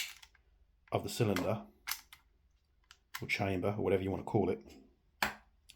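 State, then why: Released. Someone talks while a speed loader holding plastic shells is pushed into the cylinder of an ASG Dan Wesson 715 airsoft revolver (Wingun) and operated. A sharp tick at 5.2 s marks the loader letting go, releasing the shells into the cylinder.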